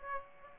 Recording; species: mosquito wingbeat signal from an infrared sensor; Aedes aegypti